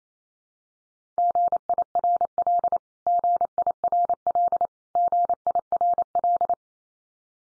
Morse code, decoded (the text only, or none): GIRL GIRL GIRL